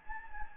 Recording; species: mosquito wingbeat signal from an infrared sensor; Anopheles gambiae